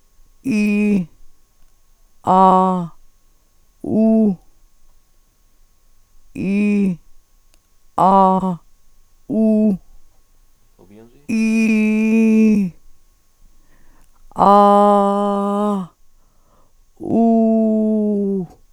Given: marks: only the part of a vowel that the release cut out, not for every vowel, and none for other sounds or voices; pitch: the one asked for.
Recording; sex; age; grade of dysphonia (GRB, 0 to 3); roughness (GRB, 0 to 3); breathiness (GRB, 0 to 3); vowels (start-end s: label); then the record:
sustained vowels; female; 50 to 59 years; 0; 0; 0
0.50-1.01 s: vowel /i/, high pitch
2.31-2.83 s: vowel /a/, high pitch
6.41-6.92 s: vowel /i/, low pitch
8.02-8.53 s: vowel /a/, low pitch
11.39-12.53 s: vowel /i/, low-high-low pitch
14.50-15.76 s: vowel /a/, low-high-low pitch
17.20-18.41 s: vowel /u/, low-high-low pitch
From the record:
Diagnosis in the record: dysarthrophonia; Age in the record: 52 years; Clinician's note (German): Beginnende Form mit beids. unregelmäßigem Schwingungsbild; primär Dysglossie